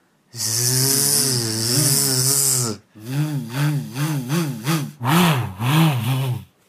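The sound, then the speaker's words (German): A person makes a long, loud buzzing voiced "zzz" sound as a vocal vibration exercise, trying to make the whole body vibrate. It is held steady for a couple of seconds, then repeated in wavering, pulsing stretches after a short break. “Und du machst es genau so und du versuchst, dass dein ganzer Körper dabei vibriert.”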